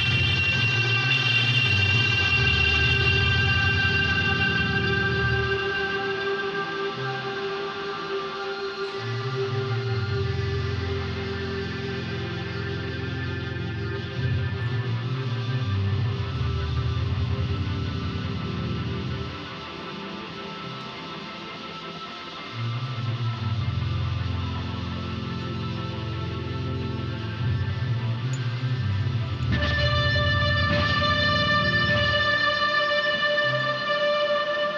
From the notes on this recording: the sounds of traffic, riding public transportation, crickets, as well as computer-based guitars, synthesizers, and pipe organs